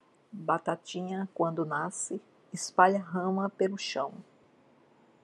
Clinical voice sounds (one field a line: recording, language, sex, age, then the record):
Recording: short text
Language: Brazilian Portuguese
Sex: female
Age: 60 to 69 years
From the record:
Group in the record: control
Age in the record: 60 years